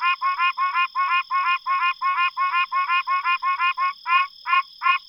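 Pine Barrens treefrog calling: a quick series of short nasal, honking notes, steady and then spacing out slightly at the end.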